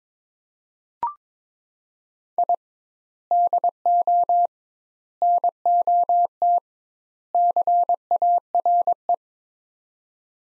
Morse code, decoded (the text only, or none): I DO NOT CARE